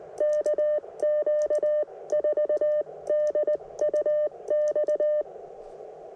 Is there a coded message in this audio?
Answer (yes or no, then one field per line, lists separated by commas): yes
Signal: Morse code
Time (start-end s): 0.2-5.2 s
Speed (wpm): 19 wpm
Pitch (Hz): 600 Hz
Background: none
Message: KQ4DUX